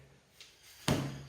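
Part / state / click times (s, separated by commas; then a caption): motorcycle seat into its rear seat lock / seated / 0.9 s. On a 1998 Honda VFR800 (RC46, 5th Gen), the rear of the motorcycle seat is pushed down into its rear seat lock after the front tangs are engaged. A faint tap at about 0.4 s is followed by a sharp click-thud at 0.9 s, and the seat is locked in.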